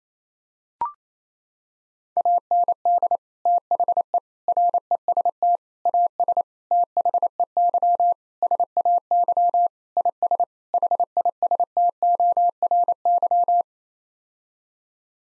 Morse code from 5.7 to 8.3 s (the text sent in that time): AS THEY